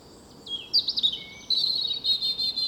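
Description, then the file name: European robin with a liquid, high-pitched phrase: looping whistled notes, then a fast, even, shimmering trill to the end. "Erithacus rubecula"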